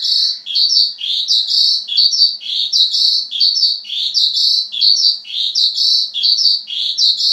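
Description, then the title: Javan bush lark song of quick chirped phrases, each rising sharply then levelling off, repeated many times in a steady rhythm. "Suara Burung Branjangan"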